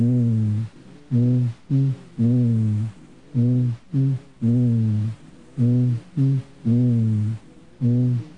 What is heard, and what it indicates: Bronchophony, normal. Voice sounds auscultated over the chest wall are called bronchophony. In a healthy individual, bronchophony is similar to voice sounds heard through the neck.